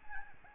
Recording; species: mosquito wingbeat signal from an infrared sensor; Aedes albopictus